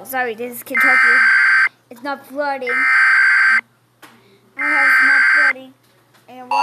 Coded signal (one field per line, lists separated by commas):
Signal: Emergency Alert System (SAME) tones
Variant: header bursts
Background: speech